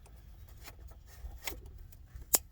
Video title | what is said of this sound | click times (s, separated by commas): Changing the O2 Sensor on 2013 Ram 3.6L | You want to hear that click and you're done. Nice. | 2.4 s